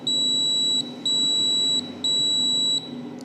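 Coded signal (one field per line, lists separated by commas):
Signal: beep code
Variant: microcontroller timer beeper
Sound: three long high-pitched beeps, each under a second, with brief gaps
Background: low hum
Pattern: 3 long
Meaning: Repeat count reached zero, cycle complete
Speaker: When I press this one, it will give a long 3 beeps and completes the cycle,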